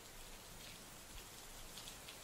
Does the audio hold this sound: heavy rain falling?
yes